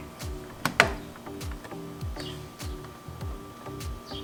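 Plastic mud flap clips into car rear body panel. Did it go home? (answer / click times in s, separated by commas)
yes / 0.7 s, 0.8 s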